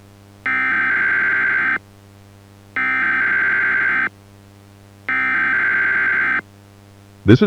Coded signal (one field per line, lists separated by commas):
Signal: Emergency Alert System (SAME) tones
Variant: header bursts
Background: speech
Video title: The Mimic | EAS Analog Horror Scenario